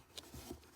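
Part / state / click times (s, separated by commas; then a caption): cabin air filter cover into housing behind glove box / seated / 0.2 s, 0.6 s. A plastic cabin air filter cover on a 2013-2020 Lexus GS350 is slid into its housing behind the glove compartment and pressed until it snaps on the left side at 0.2 s and on the right side at 0.6 s. The first snap is a sharp, short click and the second is fainter, with soft handling noise in between. The cover is seated tight and locked in place.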